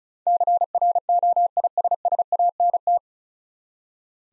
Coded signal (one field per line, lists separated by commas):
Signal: Morse code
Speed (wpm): 36 wpm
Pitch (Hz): 700 Hz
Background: none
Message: CROISSANT